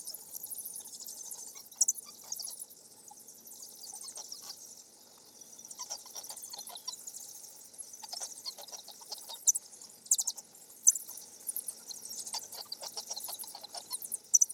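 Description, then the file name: Mexican free-tailed bat chatter, a continuous shrill squeaking and ticking, with sharper louder bursts scattered throughout and no other clear sounds. "Mexican Free Tail Bat Chatter Epidemic Sound"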